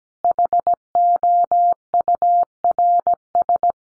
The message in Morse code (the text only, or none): HOURS